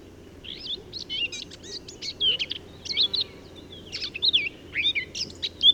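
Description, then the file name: Eurasian blackcap producing a subdued, hurried warble of scratchy chirps and short twitters, fairly quiet against a low steady hum. "Sylvia atricapilla"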